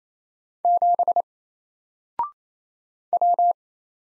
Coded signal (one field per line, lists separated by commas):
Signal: Morse code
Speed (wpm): 27 wpm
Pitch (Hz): 700 Hz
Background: none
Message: 7 W